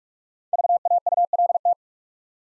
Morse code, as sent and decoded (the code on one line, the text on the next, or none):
...- .- ..- .-.. -
VAULT